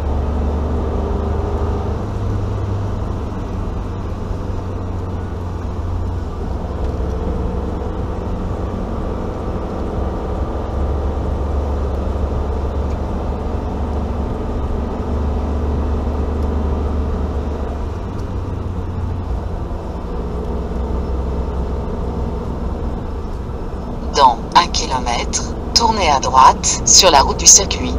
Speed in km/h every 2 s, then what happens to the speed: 69, 68, 62, 62, 63, 69, 71, 69, 68, 63, 60, 56, 56, 58.
0-6 slows to 62. 6-12 speeds up to 71. 12-21 slows to 56. 21-28 steady at about 56.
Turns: none.